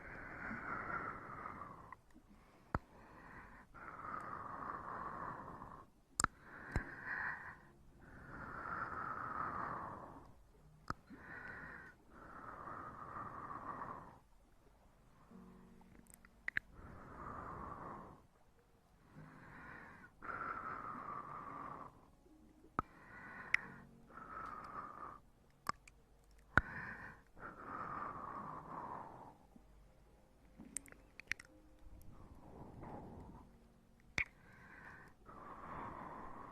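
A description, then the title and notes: Ear massage: repeated rubbing strokes, each a soft whooshing swell of a second or two, coming in an uneven rhythm with brief quiet gaps. Sharp clicks and taps punctuate the rubbing every few seconds, with a faint low rumble underneath throughout. TimASMR - Ear Massage for Sleep and Tingling.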